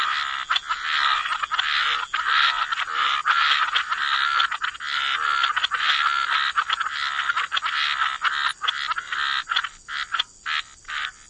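Chorus of frogs, continuous overlapping croaking that thins toward the end into separate short bursts of calls.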